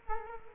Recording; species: mosquito wingbeat signal from an infrared sensor; Culex quinquefasciatus